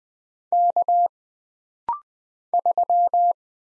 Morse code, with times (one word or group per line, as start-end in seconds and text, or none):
0.5-1.1 K
2.5-3.3 3